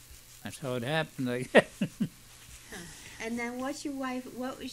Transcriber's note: he laughs